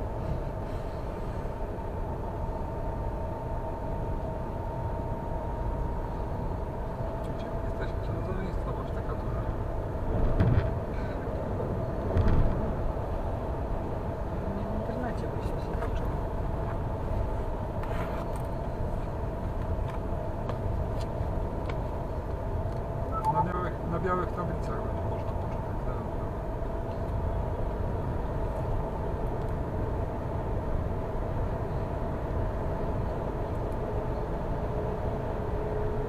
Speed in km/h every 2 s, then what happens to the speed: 86, 87, 87, 90, 90, 90, 90, 90, 91, 91, 91, 91, 90, 91, 92, 93, 94, 94.
0-36 steady at about 90.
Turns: none.